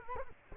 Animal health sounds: mosquito wingbeat signal from an infrared sensor; Culex quinquefasciatus

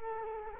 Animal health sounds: mosquito wingbeat signal from an infrared sensor; Culex quinquefasciatus

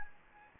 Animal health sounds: mosquito wingbeat signal from an infrared sensor; Anopheles gambiae

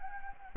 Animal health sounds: mosquito wingbeat signal from an infrared sensor; Anopheles gambiae

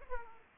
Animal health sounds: mosquito wingbeat signal from an infrared sensor; Aedes aegypti

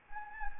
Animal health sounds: mosquito wingbeat signal from an infrared sensor; Anopheles gambiae

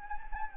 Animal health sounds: mosquito wingbeat signal from an infrared sensor; Anopheles gambiae

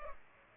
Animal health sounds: mosquito wingbeat signal from an infrared sensor; Culex pipiens

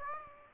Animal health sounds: mosquito wingbeat signal from an infrared sensor; Aedes aegypti

